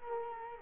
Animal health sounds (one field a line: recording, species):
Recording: mosquito wingbeat signal from an infrared sensor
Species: Culex quinquefasciatus